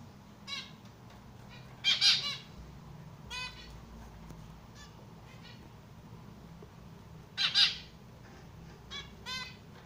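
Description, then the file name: Estrildid finch calls: brief squeaky, harmonic notes scattered through, with louder clustered bursts twice, over a faint background hum. Amadinas biting and singing. "amadiny kusayut i poyut"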